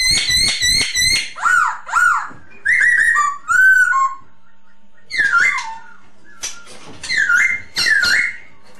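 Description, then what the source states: Masked laughingthrush song mixing rapid harsh notes with loud dipping and rising whistles, delivered in separate bursts with short gaps. Lure sound (Indonesian 'suara pancingan') of the Poksay Hongkong.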